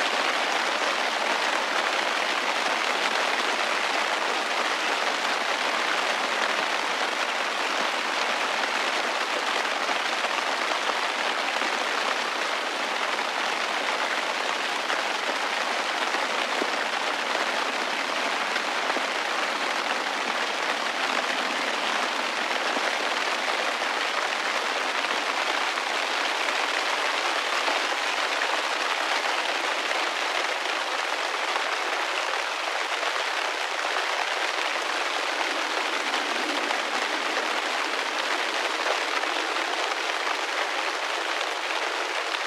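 Summer rain falls steadily and densely, an even hiss of countless drops with no breaks or swells. The sound is bright and full, with little low rumble, and stays at the same loudness from start to finish.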